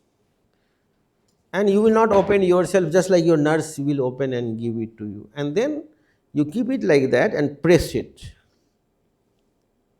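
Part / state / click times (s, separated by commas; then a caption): ligation clip into laparoscopic clip applier jaws / not seated / none. A laparoscopic clip applier is held over the clip cartridge and lined up just before being pressed to load a ligation clip into its jaws, while someone talks. No click is heard, and the clip has not seated yet.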